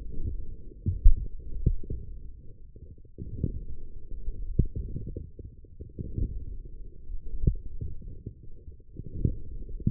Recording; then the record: forearm muscle sounds (acoustic myography)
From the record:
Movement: forearm pronation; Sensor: system 1, eight BSWA MPA416 microphones around the upper forearm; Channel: 7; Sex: male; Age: 20 years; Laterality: left